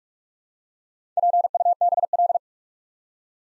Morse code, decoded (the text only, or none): PUBL